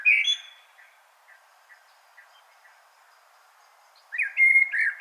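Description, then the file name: Common blackbird singing: the end of one phrase, a near-silent stretch with faint soft notes, then a louder, twittering phrase at the end. "Turdus merula"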